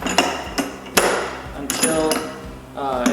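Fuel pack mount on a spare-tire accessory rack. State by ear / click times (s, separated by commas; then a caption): seated / 0.2 s, 0.6 s, 1.0 s, 1.7 s. A plastic Rotopax fuel pack mount on a Rock Slide Engineering EZ Rack spare-tire rack on a Jeep JK is tightened down, lining up with a little bump, until it locks into place. Sharp clicks are heard at 0.2, 0.6, 1.0 and 1.7 seconds as the mount seats, with a smaller knock near 3.1 seconds. Someone talks over the sounds.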